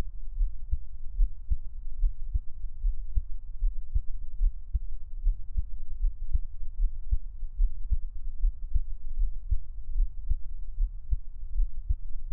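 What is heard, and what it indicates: Steady low thumps at about 76 beats a minute: an adult's own heartbeat heard up close, made as Taiwanese ASMR, with no talking.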